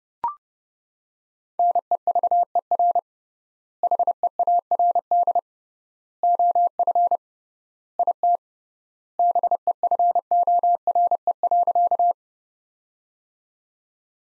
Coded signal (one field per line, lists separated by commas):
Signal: Morse code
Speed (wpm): 29 wpm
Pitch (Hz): 700 Hz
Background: none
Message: NEVER HEARD OF IT BEFORE.